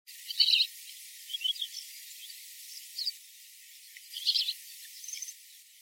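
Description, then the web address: Crimson bunting calls: a few high, scratchy chirps and twitters in irregular bursts, the loudest near the start and again after four seconds. "crimson bunting bird call"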